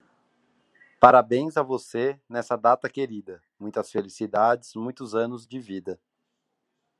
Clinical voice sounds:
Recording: short text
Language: Brazilian Portuguese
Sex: male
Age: 30 to 39 years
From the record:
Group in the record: control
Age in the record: 35 years

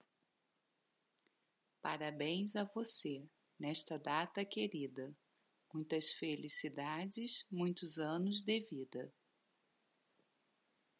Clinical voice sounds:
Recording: short text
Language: Brazilian Portuguese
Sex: female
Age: 40 to 49 years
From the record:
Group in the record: control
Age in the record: 49 years

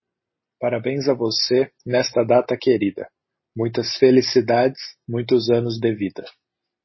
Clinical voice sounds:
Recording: short text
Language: Brazilian Portuguese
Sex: male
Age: 20 to 29 years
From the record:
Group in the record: control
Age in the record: 20 years

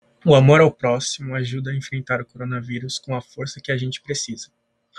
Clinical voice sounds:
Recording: spoken sentence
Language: Brazilian Portuguese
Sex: male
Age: 18 to 19 years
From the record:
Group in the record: control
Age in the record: 19 years

